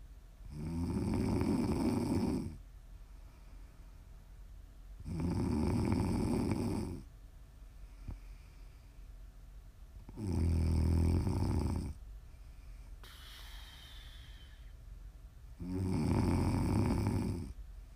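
Prime ASMR snoring from an adult sleeper: loud, low-pitched, rumbling snores about every five seconds, roughly 13 a minute, with quiet breathing between them.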